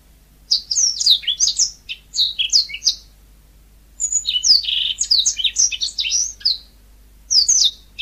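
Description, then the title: Oriental magpie-robin song: rapid bursts of high, varied whistled and buzzy notes in phrases separated by pauses, with a faint low hum beneath. "Kicau Kacer"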